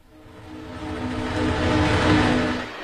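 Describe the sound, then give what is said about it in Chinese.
A train returning to Shanghai rumbles steadily along the rails, a broad low roar with rhythmic clatter that swells gradually louder and then eases slightly, with no voices. “803一行在取证之后乘上了返回上海的火车。”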